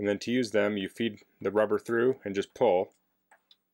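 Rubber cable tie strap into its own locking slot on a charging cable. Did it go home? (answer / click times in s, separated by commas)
yes / 3.5 s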